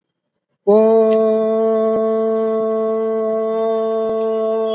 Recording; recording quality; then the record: sustained vowel as in boot; excellent, no background noise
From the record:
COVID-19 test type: RT-PCR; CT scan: not taken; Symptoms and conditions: none ticked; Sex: male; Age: 22 years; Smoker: no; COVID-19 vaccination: both doses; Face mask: worn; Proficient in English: yes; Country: India